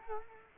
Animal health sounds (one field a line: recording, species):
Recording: mosquito wingbeat signal from an infrared sensor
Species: Culex quinquefasciatus